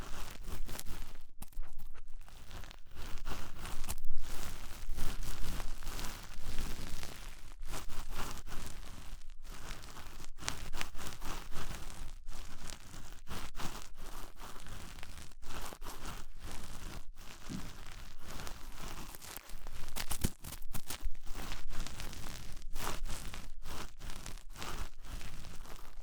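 Ear cleaning with rhinestone and clay removal: dense, continuous crinkling and crunchy rustles, with brief sharp pauses scattered throughout.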